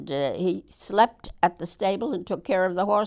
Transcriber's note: none